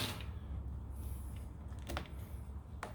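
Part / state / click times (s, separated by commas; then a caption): riser bushing into motorcycle handlebar riser mount / seated / 2.0 s, 2.8 s. New rubber riser bushings are pressed by hand into the handlebar riser mount of a 2017 Yamaha Bolt motorcycle, one from the top and one from the bottom, over a steady low background hum. Two sharp snaps are heard at 2.0 s and 2.8 s as the bushings fit in and seat in place.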